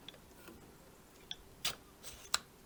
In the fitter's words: और यह वेलक्स छत की खिड़की अब अपनी जगह पर लॉक हो गई है,